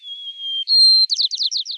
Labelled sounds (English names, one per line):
White-crowned Sparrow song